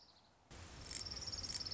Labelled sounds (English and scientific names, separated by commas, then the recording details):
Orange-crowned Warbler (Leiothlypis celata)
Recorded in Sonoma County, California